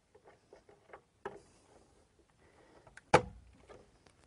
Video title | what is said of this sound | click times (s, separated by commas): Build A PC Repair and Upgrading12 | seated make sure these are tabs are locked into place and then finally the last one | 3.1 s